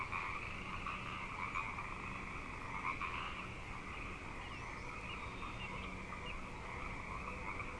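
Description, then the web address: Many frogs calling together, a constant buzzing trill in mid and higher bands that swells briefly now and then, with a faint high note. Frog chorus at Grafton Lake, recorded 3 May 2009. "The Frog Chorus Tunes Up On Grafton Lake frogs 090503"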